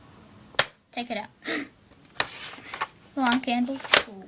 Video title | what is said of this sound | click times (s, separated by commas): Playdoh Factory Cake Creations#Play Doh Surprise Eggs Kinder Eggs toys videos | and when you hear the click, | 0.6 s